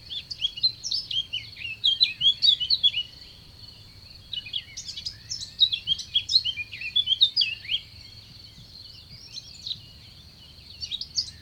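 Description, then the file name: Bird giving rapid, jumbled chirps in two long bursts separated by a short gap, and a brief third burst at the end, with a steady high whine and a low hum in the background. Recorded at Sonnaz. "oiseau sonnaz"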